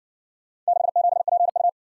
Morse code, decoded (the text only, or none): 67PU